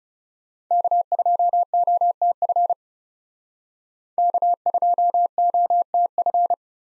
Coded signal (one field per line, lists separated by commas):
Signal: Morse code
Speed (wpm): 39 wpm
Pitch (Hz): 700 Hz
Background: none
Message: K2OTF K2OTF